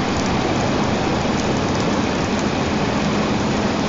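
Underwater noise from a cargo container ship: a dense, steady rushing roar with a churning low rumble, loud and unbroken for the whole stretch, with no voices.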